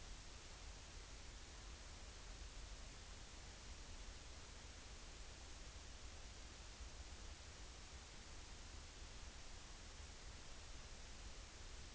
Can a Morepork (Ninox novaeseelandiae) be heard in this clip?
no